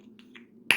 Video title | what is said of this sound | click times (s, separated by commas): fidget slug toy ( finger slug) | it's really satisfying just hear that clicking and the pop | 0.2 s, 0.4 s, 0.7 s